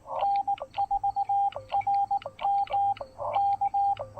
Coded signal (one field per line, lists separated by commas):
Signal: Morse code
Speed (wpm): 18 wpm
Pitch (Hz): 800 Hz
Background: radio noise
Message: N4RM K